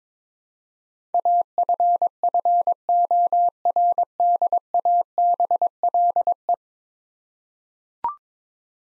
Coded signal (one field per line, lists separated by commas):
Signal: Morse code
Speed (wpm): 22 wpm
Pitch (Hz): 700 Hz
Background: none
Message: AFFORDABLE